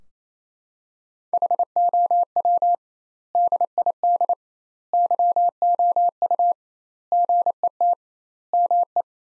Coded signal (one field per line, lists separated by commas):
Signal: Morse code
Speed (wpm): 28 wpm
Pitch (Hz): 700 Hz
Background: none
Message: HOW DID YOU GET ME